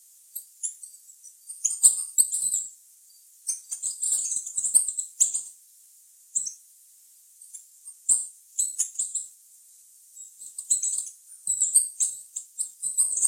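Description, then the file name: Green-and-gold tanager song: long run of very high, squeaky chips and buzzy twitters, delivered in repeated bursts with brief gaps. "canto da saira ouro"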